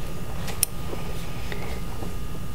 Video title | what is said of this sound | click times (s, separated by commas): How to Make a Snail from a Fork | that went in snapped in place | 0.6 s